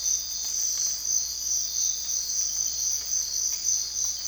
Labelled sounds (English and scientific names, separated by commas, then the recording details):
none
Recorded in dense forest near Puerto Asís, Putumayo, Colombia, on 20 December 2024 at 05:00
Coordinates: 0.485, -76.318
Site GP03